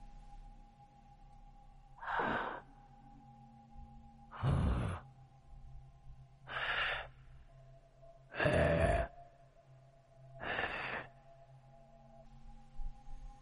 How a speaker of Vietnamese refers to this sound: Đột nhiên, ông nghe thấy âm thanh của ba người kia phát ra kỳ dị. Tiếng cứ khò khè khò khè.